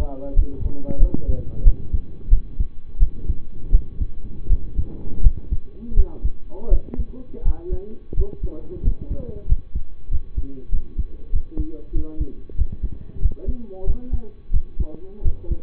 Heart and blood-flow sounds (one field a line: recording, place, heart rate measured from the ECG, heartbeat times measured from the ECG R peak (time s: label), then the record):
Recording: heart sounds by stethoscope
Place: between the tricuspid and mitral areas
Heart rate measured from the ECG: 89 bpm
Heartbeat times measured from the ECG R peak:
0.34 s: heartbeat
0.98 s: heartbeat
1.63 s: heartbeat
2.29 s: heartbeat
2.98 s: heartbeat
3.70 s: heartbeat
4.47 s: heartbeat
5.21 s: heartbeat
5.94 s: heartbeat
6.69 s: heartbeat
7.43 s: heartbeat
8.14 s: heartbeat
8.82 s: heartbeat
9.46 s: heartbeat
10.09 s: heartbeat
10.70 s: heartbeat
11.31 s: heartbeat
11.92 s: heartbeat
12.55 s: heartbeat
13.20 s: heartbeat
13.84 s: heartbeat
14.51 s: heartbeat
15.22 s: heartbeat
From the record:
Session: rest, lying down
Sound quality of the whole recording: partially saturated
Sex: male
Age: 25 years